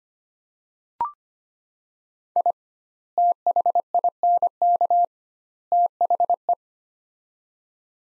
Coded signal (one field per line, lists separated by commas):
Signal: Morse code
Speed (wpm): 25 wpm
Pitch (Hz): 700 Hz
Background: none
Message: I THINK THE